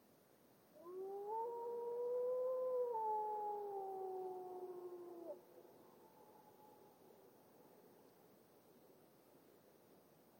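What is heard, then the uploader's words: A lone grey wolf gives one long, rising then falling howl from about one to five seconds, its echo trailing off across a quiet valley. A lone Grey Wolf howls in the late morning, losing itself to the natural reverb of a glacial valley. Lone Wolf Howls.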